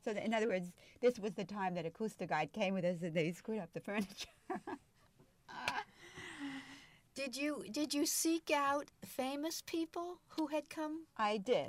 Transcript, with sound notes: So, in other words, this was the time that Acoustiguide came with us, and they screwed up the furniture. (She laughs.)
Did you, did you seek out famous people who had come?
I did.